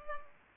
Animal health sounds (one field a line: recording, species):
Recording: mosquito wingbeat signal from an infrared sensor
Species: Culex pipiens